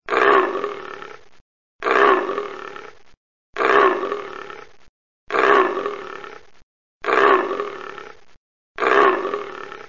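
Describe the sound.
Leopard giving rough, rasping roars, six identical bursts at a steady rate with short silences between, sounding like a looped recording.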